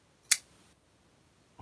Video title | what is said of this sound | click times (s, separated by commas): Brews & Blades LIVE ! With a Mini Knife Sale! | it's just such a good solid click | 0.3 s